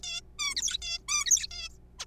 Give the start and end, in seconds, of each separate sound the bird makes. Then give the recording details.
0.03-0.21, 0.39-0.55, 0.56-0.77, 0.82-0.99, 1.08-1.25, 1.26-1.47, 1.51-1.69, 1.99-2.05. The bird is a juvenile. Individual R3428